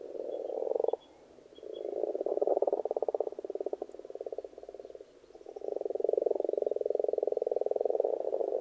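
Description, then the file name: Frog: rapid rattling croaks of frogs in an almost continuous chorus, briefly dropping after one second and again near five seconds, with faint chirps above. Frogs in a pond. "benboncan frogs-in-a-pond"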